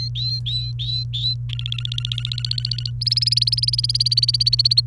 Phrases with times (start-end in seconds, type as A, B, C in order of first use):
0.00-1.34 A, 1.49-2.90 B, 3.01-4.80 C